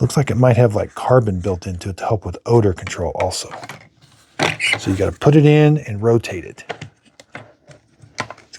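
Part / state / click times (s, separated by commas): HEPA filter into cordless vacuum body / seated / 8.2 s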